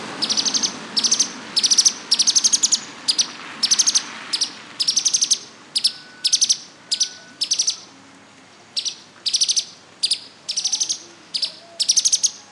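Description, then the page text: Streaked spiderhunter calling with rapid, piercing chip notes grouped in short clusters, the bursts following one another steadily with brief pauses. "Ding Li Yong - Пестрогрудая нектарница-пауколовка (Arachnothera magna)"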